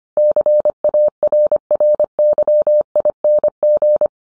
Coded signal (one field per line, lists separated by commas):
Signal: Morse code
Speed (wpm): 25 wpm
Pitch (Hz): 600 Hz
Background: none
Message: CARRYING